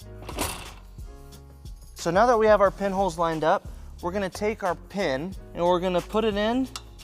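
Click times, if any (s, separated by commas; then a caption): none. A hitch pin is handled at the aligned pinholes of a trailer hitch receiver and the shank of an Inno Racks Tire Hold 2 bike rack, ready to be pushed in and twisted to lock. A brief noisy rustle is heard near 0.3 s, then someone talks over a low steady hum. Nothing has seated or clicked yet.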